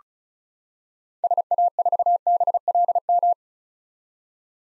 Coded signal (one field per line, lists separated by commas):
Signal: Morse code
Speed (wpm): 36 wpm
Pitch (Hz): 700 Hz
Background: none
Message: SA4BLM